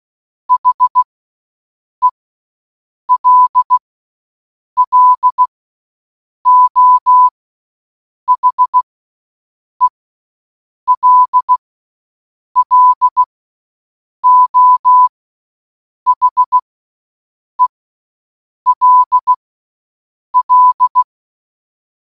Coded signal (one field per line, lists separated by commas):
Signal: Morse code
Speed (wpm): 16 wpm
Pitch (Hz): 1000 Hz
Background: none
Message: HELLO HELLO HELL